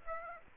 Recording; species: mosquito wingbeat signal from an infrared sensor; Aedes aegypti